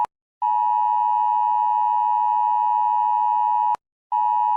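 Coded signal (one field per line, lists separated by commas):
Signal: Emergency Alert System (SAME) tones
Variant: 853 and 960 Hz attention tone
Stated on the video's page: Fictional EAS alarms of imagined Crepzilian states.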